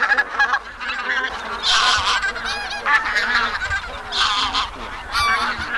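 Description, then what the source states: Bean goose: bean geese calling as a flock, a dense chorus of overlapping nasal honks and cackles with bursts of louder calling throughout. Noisy gathering of bean geese calling together as a flock.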